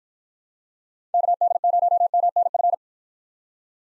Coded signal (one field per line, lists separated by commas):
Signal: Morse code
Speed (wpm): 49 wpm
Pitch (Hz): 700 Hz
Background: none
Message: KD0MNF